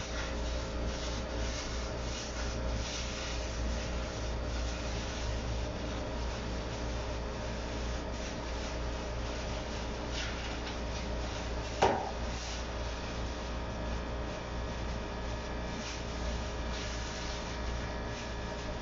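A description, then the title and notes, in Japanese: Kitchen noises while making a sake-lees pickling bed: a steady, dense rubbing and scraping, like mixing a thick paste, continues throughout over a low constant hum. Around the twelfth second a single sharp knock stands out, then the rubbing carries on unchanged. キッチンでの物音。粕漬けを作るための粕床を作っています。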